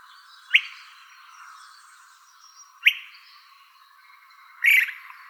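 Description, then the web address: Buff-collared flycatcher giving two quick upward-snapping chips, then a slightly longer, fuller note, with soft chirps from other birds in the background. Calls recorded in Arizona. "Flycatchers AZFO BCFL CALLS. deviche"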